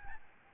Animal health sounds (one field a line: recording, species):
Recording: mosquito wingbeat signal from an infrared sensor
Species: Aedes albopictus